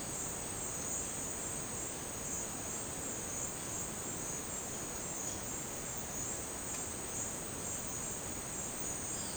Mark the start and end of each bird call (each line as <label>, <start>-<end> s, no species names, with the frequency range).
bird call (2.3-5.6 kHz), 9.07-9.36 s